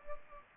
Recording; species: mosquito wingbeat signal from an infrared sensor; Culex pipiens